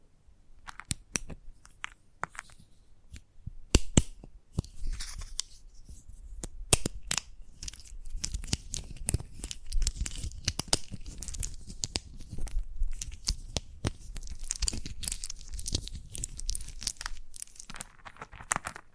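Chalk tapping and scratching, with sharp clicks that come irregularly and often, sometimes in quick bursts. Between the taps run dry, gritty scraping strokes, denser and more continuous in the second half. No other sounds intrude.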